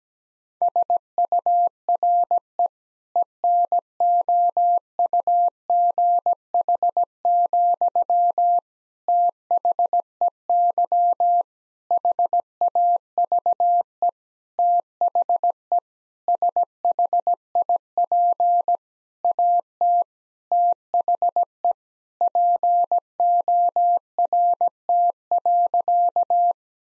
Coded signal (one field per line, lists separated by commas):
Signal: Morse code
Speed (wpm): 17 wpm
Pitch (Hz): 700 Hz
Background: none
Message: SURE ENOUGH, THEY HAVE THE SHIP AT THE PORT.